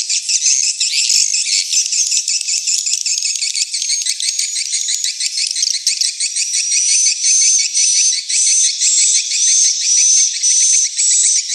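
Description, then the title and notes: Swiftlets chirping and twittering in a dense, continuous chorus of high buzzy chirps with rapid ticking pulses and thin whistled notes throughout, without pause. Swiftlet house lure sound from the AKAU brand, Tien Giang, Vietnam. "Am thanh nha yen Akau Vietnam - Tien giang. Những âm thanh chim yến thuộc thương hiệu AKAU"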